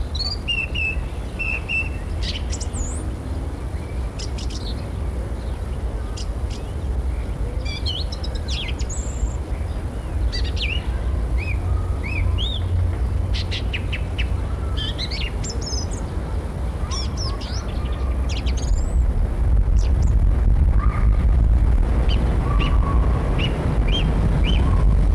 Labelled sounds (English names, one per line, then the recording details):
European Starling song
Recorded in the wild
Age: adult
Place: Erkner, Brandenburg, DE
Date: 1963-06-04 16:40
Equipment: Minifon, Kopie Smaragd
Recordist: Tembrock, Günter
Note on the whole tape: Löcknitz - Wupatzsee: Gesang